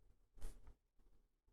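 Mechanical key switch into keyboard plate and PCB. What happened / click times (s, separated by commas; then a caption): The key switch snapped into the plate / 0.4 s. A mechanical key switch is pressed home into the keyboard plate and PCB of a Code Tenkeyless keyboard being refurbished. It seats with a soft click at 0.4 s, and after that only faint low rumble is heard. The switch is seated.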